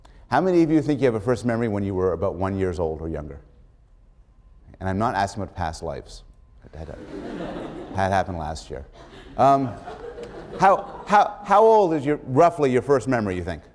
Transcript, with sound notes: How many of you think you have the first memory when you were about one years old or younger? And I'm not asking about past lives but [laughs] happened last year. How old is your — roughly your first memory do you think?